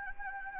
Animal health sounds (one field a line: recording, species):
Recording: mosquito wingbeat signal from an infrared sensor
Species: Anopheles gambiae